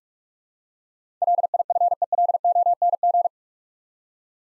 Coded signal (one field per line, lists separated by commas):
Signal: Morse code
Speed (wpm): 42 wpm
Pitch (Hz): 700 Hz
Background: none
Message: LIFELONG